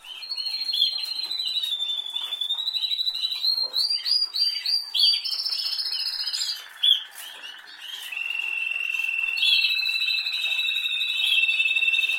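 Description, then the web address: Canary song, rapid repeated chirp notes rolling into long high buzzy trills and a sustained whistled trill near the end. "Canari Seda Canari"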